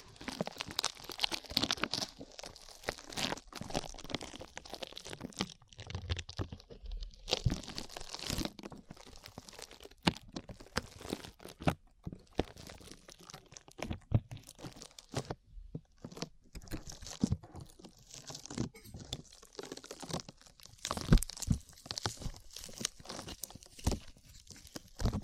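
Sticky slime being squeezed and worked, with dense, irregular crackling, crunching and wet popping sounds running throughout. Bursts come rapidly with brief quieter gaps, notably around 6 and 15 seconds, and sharp bright snaps stand out near 21 seconds.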